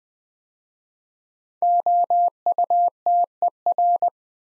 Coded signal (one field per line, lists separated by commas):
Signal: Morse code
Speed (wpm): 20 wpm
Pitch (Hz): 700 Hz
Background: none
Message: OUTER